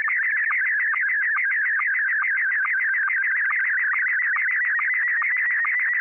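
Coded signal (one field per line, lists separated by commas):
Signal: SSTV (slow-scan television)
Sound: warbling electronic tone sliding around mid pitch, with rapid regular low blips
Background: tape hiss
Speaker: I've selected a photo already on here of me holding a cassette tape which is fitting so what we're going to do is we're going to set up the Tascam 112 cassette deck to record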